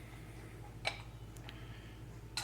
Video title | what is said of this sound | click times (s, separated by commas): Review 12 Cup Percolator Coffee Maker Stainless Steel Presto 02811 Say Goodbye Keurig ;-) | then looks like you force this down got a little clicks and you're | 0.9 s, 2.4 s